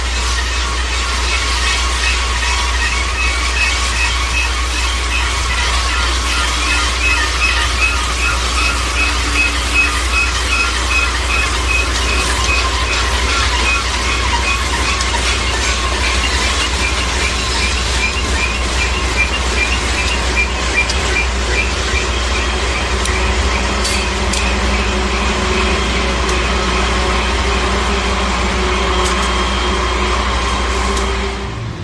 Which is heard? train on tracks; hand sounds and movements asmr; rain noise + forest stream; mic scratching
train on tracks